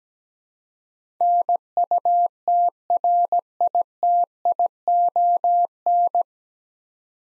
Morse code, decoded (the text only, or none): NUTRITION